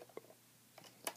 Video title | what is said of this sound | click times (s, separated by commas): Dboys SCAR-L review | No big deal. I mean, it still locks in place, | 1.1 s